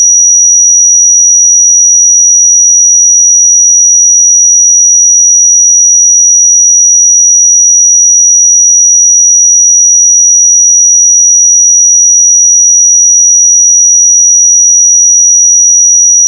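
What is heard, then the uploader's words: A pure sine tone at 5806 Hz holds perfectly steady for the whole sixteen seconds, a single thin, bright whistle with no change in pitch or loudness. Nothing else sounds around it; the background is silent. 5806 Hz 1 Hz Interval Sine Pure Tone Frequency 441000 Sample Mono.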